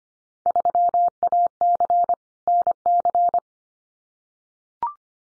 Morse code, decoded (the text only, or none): 3AC NC